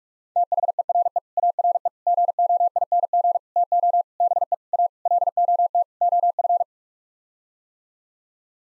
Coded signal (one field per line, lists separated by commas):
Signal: Morse code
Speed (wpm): 46 wpm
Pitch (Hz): 700 Hz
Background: none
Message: THERE ARE GOING TO BE A LOT OF